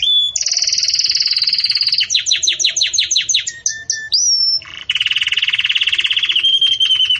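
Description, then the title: Canary song: a high rolling trill, rapid downslurred notes, a rising whistle, then a long dense buzzing roll at the end. Belgian canary song, described as campainha, used for breeding chicks to learn from. "Belíssimo Canto Do Canário Belga Campainha Para Encarte De Filhotes"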